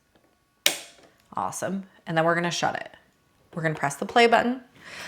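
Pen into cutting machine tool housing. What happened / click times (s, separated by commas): The pen clicked into its holder / 0.7 s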